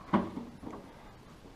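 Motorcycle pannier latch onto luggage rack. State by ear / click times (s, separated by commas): seated / 0.1 s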